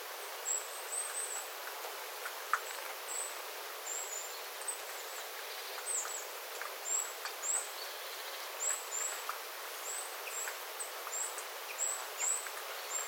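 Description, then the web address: Small birds in a flock giving repeated thin, high calls throughout, with light drips of water in the background. Small flock of birds calling while water drips from the eaves after rain, 9 September 2025. "paivat 9 9 2025 pikkulintuparven aantelya vesi tippuu raystaalta sateen jalkeen"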